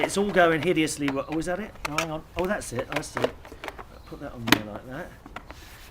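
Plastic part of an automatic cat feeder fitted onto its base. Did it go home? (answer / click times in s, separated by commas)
no / none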